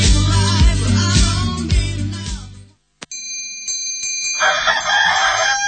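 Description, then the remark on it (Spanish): A burst of music cuts off into a short silence, then a sharp click and a rooster crowing, its strained call rising over thin ringing tones. “Cuando canta el gallo, habla de Calfredo.”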